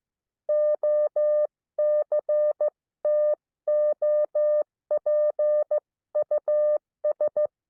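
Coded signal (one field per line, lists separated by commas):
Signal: Morse code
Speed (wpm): 15 wpm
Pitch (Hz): 600 Hz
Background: none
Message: OCTOPUS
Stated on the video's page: Recorded instructor training.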